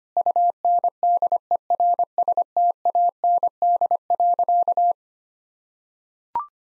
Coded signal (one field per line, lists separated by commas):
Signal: Morse code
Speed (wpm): 25 wpm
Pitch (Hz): 700 Hz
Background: none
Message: UNDERSTAND.